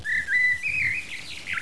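Bird call: a thin whistled note held briefly, stepping up slightly, then breaking into a few short chirps.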